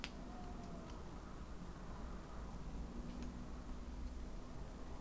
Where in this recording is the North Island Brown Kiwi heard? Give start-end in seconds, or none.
none